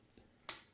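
A plastic blade on an Einhell GC-CT 18/24 Li Solo grass trimmer is pushed to detach it from its blade holder, releasing it with a single sharp, bright snap at 0.5 s. A soft low tap comes just before, around 0.2 s, and the snap decays quickly back to near silence.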